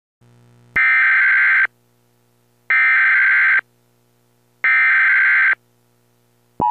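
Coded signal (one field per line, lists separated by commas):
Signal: Emergency Alert System (SAME) tones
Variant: header bursts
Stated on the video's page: A fictional depiction of a major national emergency alert.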